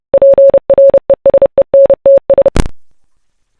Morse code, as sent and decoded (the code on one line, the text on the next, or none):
.--. .-. . ... . -. - ...
PRESENTS